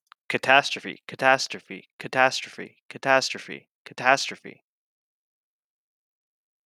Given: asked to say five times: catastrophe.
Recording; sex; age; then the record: repeated word; male; 30 to 39 years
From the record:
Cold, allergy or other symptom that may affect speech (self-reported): no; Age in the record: 31 years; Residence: Ohio, United States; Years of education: 16